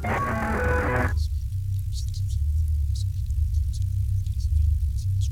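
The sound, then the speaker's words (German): A steady, deep rumble of thunder from an approaching thunderstorm rolls on for several seconds, with scattered faint crackles above it, following a brief tonal snatch at the start that cuts off abruptly. “Es kommt ein Gewitter.”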